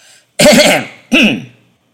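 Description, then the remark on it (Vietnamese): A deliberate, dry throat-clearing made in two rough, voiced bursts, the first longer and fuller, the second shorter, each loud and alone with no talk around it. “Phong Trần Tứ Khách cố tạo ra vẻ trịnh trọng, chậm rãi ho khan lên một tiếng rồi mới cất lời.”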